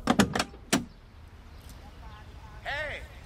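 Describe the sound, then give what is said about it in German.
A car door opens with a quick series of sharp mechanical clunks from the latch, followed after a short pause by a brief, wavering squeak, as someone opens the car to look inside it. “Ich will in Ihren Rücken einen Blick in Ihren Wagen werfen.”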